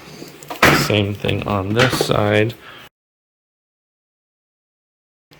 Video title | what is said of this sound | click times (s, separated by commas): Doona Max Car Seat - How to remove and wash and replace carseat cover | line that up we'll hear it click into place | 0.6 s